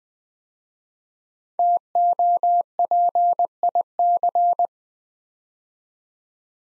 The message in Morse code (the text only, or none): TOPIC